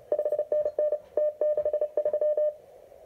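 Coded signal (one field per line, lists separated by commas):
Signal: Morse code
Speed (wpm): 30 wpm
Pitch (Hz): 600 Hz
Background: none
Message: 5NN T63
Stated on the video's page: CW on a crowded band received on an RGO ONE; two stations 430 Hz apart at S7-S9, separated with a 300 Hz variable crystal filter.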